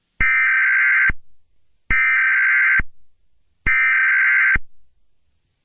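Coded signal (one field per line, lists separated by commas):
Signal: Emergency Alert System (SAME) tones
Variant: header bursts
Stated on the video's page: A fictional EAS scenario.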